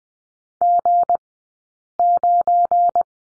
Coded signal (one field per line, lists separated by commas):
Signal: Morse code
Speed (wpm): 20 wpm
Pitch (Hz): 700 Hz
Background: none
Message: G9